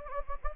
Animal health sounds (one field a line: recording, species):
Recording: mosquito wingbeat signal from an infrared sensor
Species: Anopheles gambiae